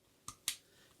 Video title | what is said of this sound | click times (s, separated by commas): STARTRC PHOTO Magnetic Neck Mount for Action Camera | And then that locks in place. | 0.5 s